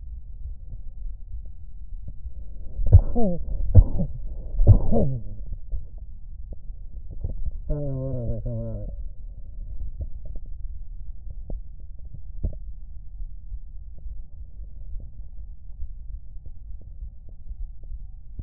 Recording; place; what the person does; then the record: lung sounds by stethoscope; left anterior apical chest; quiet breathing, then cough and speech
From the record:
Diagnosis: COPD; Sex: male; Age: 64 years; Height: 166 cm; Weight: 92.7 kg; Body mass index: 33.6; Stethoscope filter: extended mode